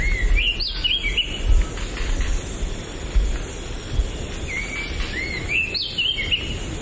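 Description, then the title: Oriental magpie-robin song: two bursts of varied whistled notes sliding between middle and high pitch, separated by a pause, over a steady low rumble. "Kicau Kacer"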